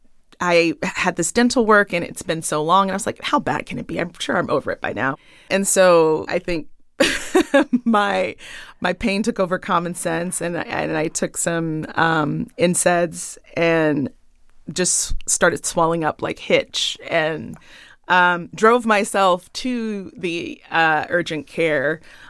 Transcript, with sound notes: I had this dental work. And it's been so long, and I was like, how bad can it be? I'm sure I'm over it by now. And so I think (laughter) my pain took over common sense, and I took some NSAIDs and just started swelling up like Hitch and drove myself to the urgent care